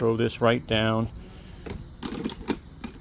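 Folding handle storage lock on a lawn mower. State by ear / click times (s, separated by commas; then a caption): seated / 2.5 s. Someone talks, then the folding handle of a PRORUN 60V lawn mower is thrown down into its storage position, clattering through a series of sharp knocks. It clicks at 2.5 s as it locks in place over the deck.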